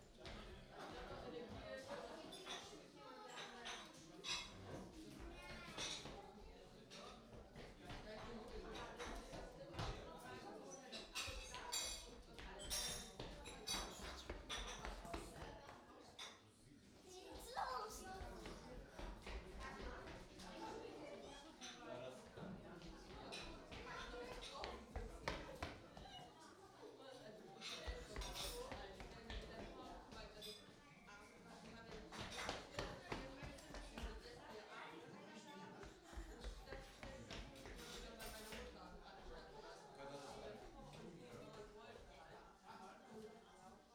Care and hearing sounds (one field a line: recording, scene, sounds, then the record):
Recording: everyday scene through a hearing-aid microphone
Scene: many people talking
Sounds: footsteps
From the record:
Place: parish hall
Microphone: in the ear canal, right